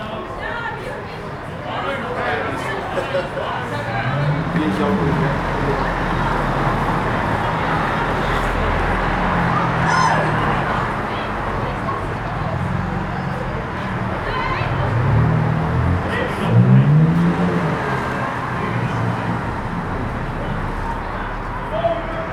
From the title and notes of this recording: Street bar. Captured on a Friday evening on the street outside a small bar. Traffic is passing by as people are gathering in a bar opposite.